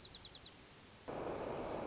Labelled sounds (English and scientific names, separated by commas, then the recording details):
White-crowned Sparrow (Zonotrichia leucophrys)
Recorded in Sonoma County, California